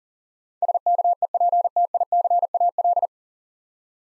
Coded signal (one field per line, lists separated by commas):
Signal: Morse code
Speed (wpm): 40 wpm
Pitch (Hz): 700 Hz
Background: none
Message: SKEPTICAL